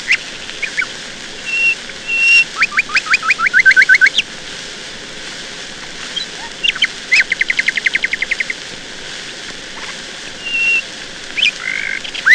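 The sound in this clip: Nightingale song with long runs of rapidly repeated notes, interspersed with pure whistles and brief rich phrases, over a steady low hiss.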